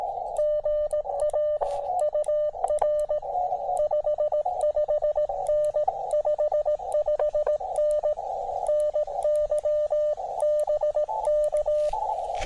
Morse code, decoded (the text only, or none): GA UR 55N 55N NY BK